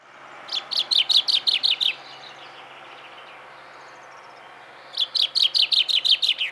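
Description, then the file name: Common chaffinch song: two rapid phrases of bright descending notes, separated by a pause of about three seconds. "Fringilla coelebs"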